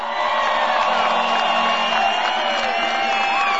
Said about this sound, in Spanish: Por aquí está José Vicente Rangel, quiero que le demos un aplauso.